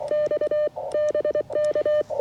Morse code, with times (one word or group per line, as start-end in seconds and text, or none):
0.1-0.7 X
0.9-2.0 BK